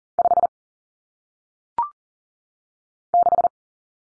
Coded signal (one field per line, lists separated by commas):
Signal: Morse code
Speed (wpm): 39 wpm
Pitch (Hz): 700 Hz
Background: none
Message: 5 6